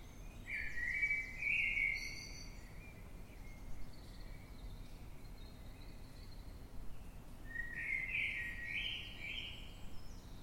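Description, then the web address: Eurasian blackbird sings two separate rich, warbled phrases with a long pause between them, over a quiet low background rumble. Singing in the dead of night at 3:50 am, London, UK, 9 March 2026. "Blackbird Dead Of Night. london uk. by eleanor mcdowall"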